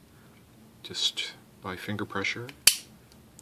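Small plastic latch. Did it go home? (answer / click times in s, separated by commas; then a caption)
yes / 3.4 s. Someone talks while the two halves of a 3D-printed plastic NASA handrail clamp for the ISS are pressed together with finger pressure. The clamp's latch clips shut onto its mating half with a sharp click at 3.4 s, and the clamp is seated closed.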